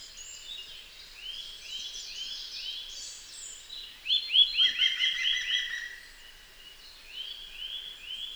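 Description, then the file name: Eurasian nuthatch giving runs of arched, whistled notes repeated at a quick pace, louder midway, with thinner high-pitched notes overlapping. "Sitta europaea"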